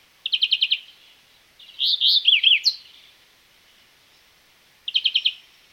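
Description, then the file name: European greenfinch giving short rapid trills of about six notes, then a jumbled twittering phrase of slurred notes, another trill near the end; otherwise quiet background. "Chloris chloris"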